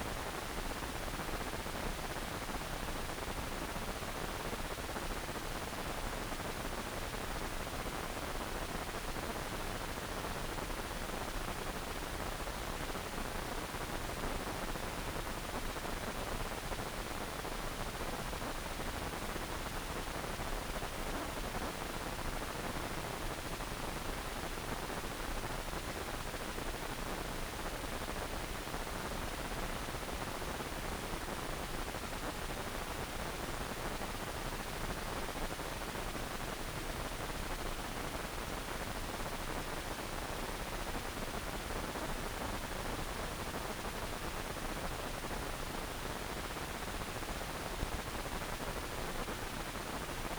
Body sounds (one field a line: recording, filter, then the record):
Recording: brain microelectrode recording played as sound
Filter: wide band, above 20 Hz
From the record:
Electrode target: subthalamic nucleus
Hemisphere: right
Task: reaching with the left hand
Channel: 1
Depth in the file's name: 1.506 mm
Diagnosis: Parkinson's disease